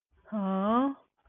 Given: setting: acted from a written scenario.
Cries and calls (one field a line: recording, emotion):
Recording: vocal sound without words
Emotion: confusion